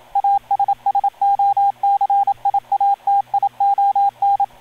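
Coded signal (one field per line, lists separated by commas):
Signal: Morse code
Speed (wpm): 27 wpm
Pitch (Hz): 800 Hz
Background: radio noise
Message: ASSOCIATION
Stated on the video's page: PSK31 keyboard-to-keyboard communication.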